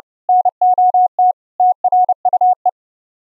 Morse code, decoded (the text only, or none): NOT TRUE